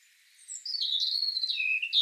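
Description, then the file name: European robin song fragment: a drawn-out thin whistle gliding slowly downward, ending with a brief higher note. "Erithacus rubecula"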